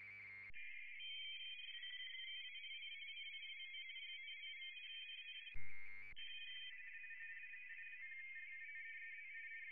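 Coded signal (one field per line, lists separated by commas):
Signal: RTTY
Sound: several overlapping warbling two-tone teletype signals, interrupted by two short bursts of wideband noise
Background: radio static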